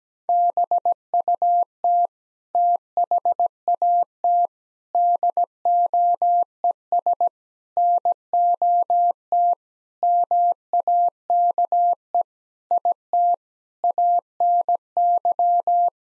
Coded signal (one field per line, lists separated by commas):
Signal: Morse code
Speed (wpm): 17 wpm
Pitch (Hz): 700 Hz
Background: none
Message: BUT THAT DOES NOT MAKE IT ANY